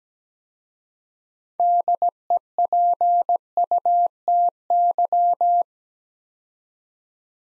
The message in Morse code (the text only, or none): DEPUTY